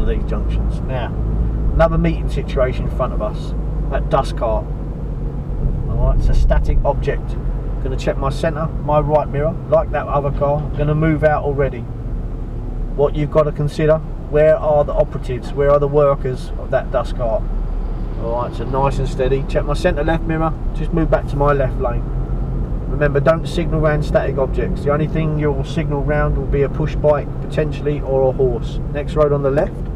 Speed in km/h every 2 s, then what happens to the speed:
26, 26, 23, 19, 19, 19, 18, 15, 13, 13, 18, 19, 21, 23, 21.
0-16 slows to 13. 16-21 speeds up to 19. 21-30 steady at about 21.